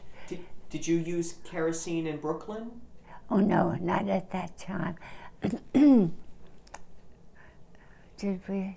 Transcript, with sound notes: Did you, did you use kerosene in Brooklyn?
Oh, no, not at that time. (she clears her throat) Did we?